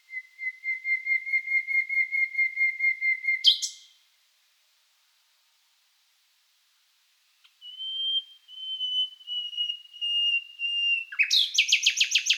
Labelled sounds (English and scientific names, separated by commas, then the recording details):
Common Nightingale (Luscinia megarhynchos)
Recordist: Frommolt, Karl-Heinz